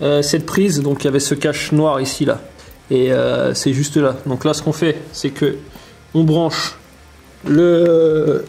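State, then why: Not seated. A man talks while the plug of a Fuelpack3 (FP3) tuner module is brought to the diagnostic socket, found behind a black cover, on a Harley-Davidson Sportster 1200 Forty-Eight during a Stage 1 setup. The connector has not seated or clicked yet; only speech is heard, with short quiet pauses.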